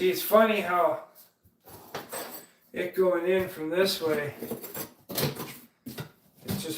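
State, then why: Seated. Someone talks while a flooring plank is angled in from the other direction and drops into the locking joint of the adjoining plank. Sharp snaps are heard at 5.2 s and 6.5 s as the plank falls in place and seats perfectly.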